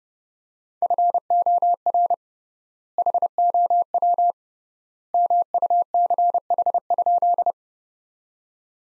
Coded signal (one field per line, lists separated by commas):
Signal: Morse code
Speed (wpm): 30 wpm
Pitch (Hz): 700 Hz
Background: none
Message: FOR HOW MUCH?